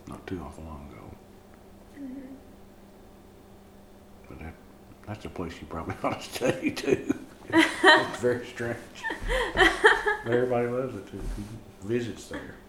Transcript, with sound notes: Not too awful long ago. But that’s a place you probably ought to study too. [laughing] It’s very strange. Everybody loves it who visits there.